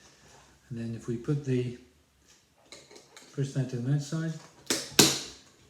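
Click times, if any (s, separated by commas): 4.7 s, 5.0 s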